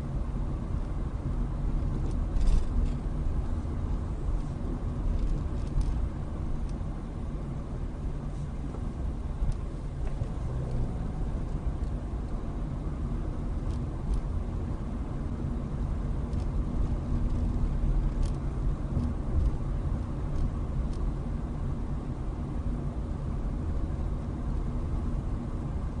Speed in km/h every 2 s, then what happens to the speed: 23, 23, 21, 18, 16, 23, 24, 24, 24, 24, 24, 24, 23.
0-7 slows to 16. 7-12 speeds up to 24. 12-26 steady at about 24.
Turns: none.